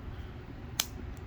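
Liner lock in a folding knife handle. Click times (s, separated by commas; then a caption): 0.8 s. A thumb pushes the steel liner lock of an Enlan Bee EL-06 folding knife with a G10 handle over to disengage it, a lock that sometimes takes a lot of force to move. A single sharp, bright click sounds at 0.8 s against a quiet low background as the lock releases.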